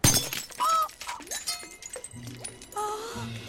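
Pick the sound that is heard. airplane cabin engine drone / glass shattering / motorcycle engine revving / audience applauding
glass shattering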